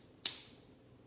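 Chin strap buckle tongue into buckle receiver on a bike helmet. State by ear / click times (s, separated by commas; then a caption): seated / 0.3 s. The plastic buckle tongue of a POC Corpora bike helmet chin strap is pushed into its receiver. A single sharp, bright click is heard at 0.3 s against faint background noise. The buckle clicks into place and is mechanically secure.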